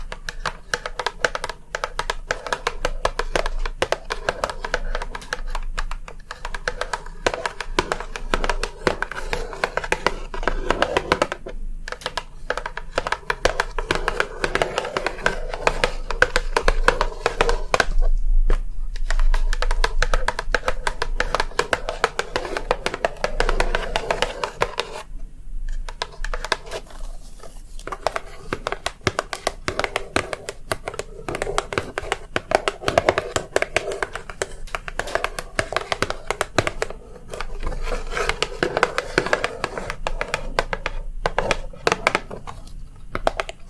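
Relaxing tapping continues without pause, a dense run of quick, soft taps with a steady rhythm and no long gaps. The tone sits in the low-middle range with a dull, padded quality. Brief near-silences break in around 11, 18 and 25 seconds.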